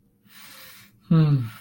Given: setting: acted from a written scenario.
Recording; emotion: vocal sound without words; disappointment